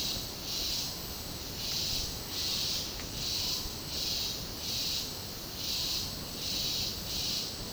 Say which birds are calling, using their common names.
none